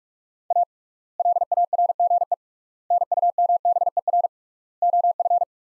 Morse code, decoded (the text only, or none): A LARGE NUMBER OF